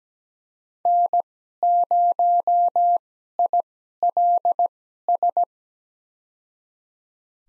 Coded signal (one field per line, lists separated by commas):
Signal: Morse code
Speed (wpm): 17 wpm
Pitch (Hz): 700 Hz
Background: none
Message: N0ILS